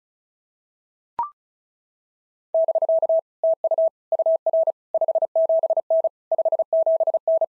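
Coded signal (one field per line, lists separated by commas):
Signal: Morse code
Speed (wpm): 36 wpm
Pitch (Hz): 650 Hz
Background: none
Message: <BK> TU UR 57N 57N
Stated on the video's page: POTA exchange practice at 35 wpm; each exchange sent in Morse, spoken, then sent again.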